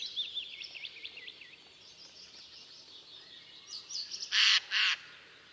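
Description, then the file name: Eurasian jay giving two harsh, rasping screeches near the end, preceded by thin high whistles and song from other birds in the background. "Garrulus glandarius"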